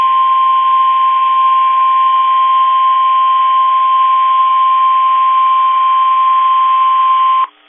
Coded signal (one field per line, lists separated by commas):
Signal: Emergency Alert System (SAME) tones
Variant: 1050 Hz attention tone